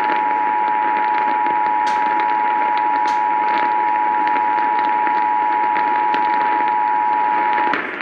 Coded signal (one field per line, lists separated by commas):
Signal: Emergency Alert System (SAME) tones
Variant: 853 and 960 Hz attention tone